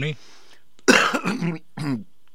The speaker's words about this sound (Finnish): Noniin. Joo, yskiä pitää silti.